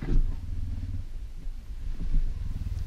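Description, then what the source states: Cheetah giving a low pulsing rumble. Tame cheetah in bed.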